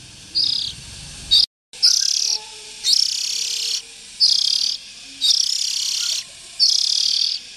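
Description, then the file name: Oriental magpie-robin giving several harsh, hissing rasps of varying length, separated by short quiet gaps. Young birds. "Tieng chim chich choe than non"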